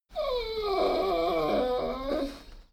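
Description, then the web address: Dogo Argentino whining, one long drawn-out whine that starts higher, slides down, then wavers and fades at the end. "soundpool geraeusche natur-tiere hunde"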